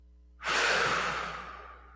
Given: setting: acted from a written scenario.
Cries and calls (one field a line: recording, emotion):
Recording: vocal sound without words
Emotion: relief